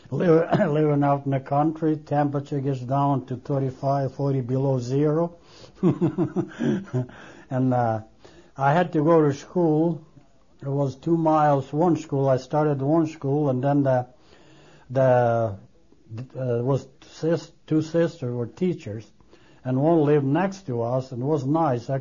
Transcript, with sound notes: Living out in the country, temperature gets down to thirty-five, forty below zero. (he laughs) And, uh, I had to go to school. It was two miles. One school, I stated the one school, and then the, it was sisters, two sister were teachers, and one lived next to us, and it was nice.